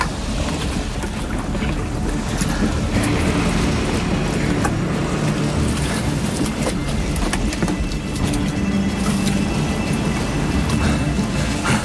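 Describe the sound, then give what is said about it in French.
A small boat full of water rocks on the water, its hull creaking over a steady, dense rumble of sloshing water that stays loud and even throughout, with occasional brief knocks and no voices. “Oh, le bateau est plein d'eau.”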